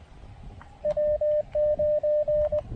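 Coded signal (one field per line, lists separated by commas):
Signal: Morse code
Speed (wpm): 20 wpm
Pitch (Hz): 590 Hz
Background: radio noise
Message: W9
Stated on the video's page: QRP POTA park activation on 20 m CW using Elecraft AX1 antenna and KX1.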